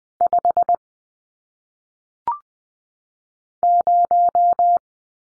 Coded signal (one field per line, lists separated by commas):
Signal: Morse code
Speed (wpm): 20 wpm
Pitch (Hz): 700 Hz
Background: none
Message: 5 0